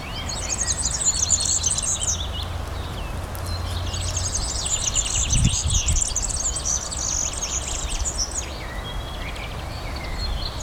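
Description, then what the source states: European serin giving a short burst of shrill jingling song, then a longer buzzy twittering phrase, with steady low-pitched noise underneath. Recorded at Ystad, Sweden, in 2012.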